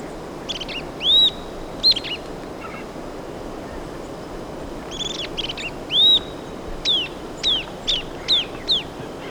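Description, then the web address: Southern beardless-tyrannulet giving short high whistled notes, some rising then falling, in scattered bursts and a quicker run of downslurred notes near the end, over steady background hiss. Recorded in Ecuador. "Birds of Ecuador 3-07 Southern Beardless-Tyrannulet"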